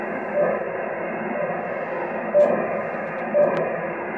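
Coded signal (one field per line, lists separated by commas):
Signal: radio time signal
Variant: RWM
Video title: RWM Russian Time Signal 4996kHz Moscow, Russia 12,562 km - 23NOV2018 0544UTC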